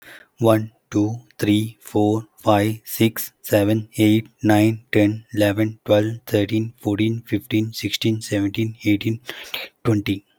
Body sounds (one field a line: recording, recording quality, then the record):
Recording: counting at a normal pace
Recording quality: excellent, no background noise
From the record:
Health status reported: healthy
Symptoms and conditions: none ticked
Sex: male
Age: 38 years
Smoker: not ticked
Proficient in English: yes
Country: India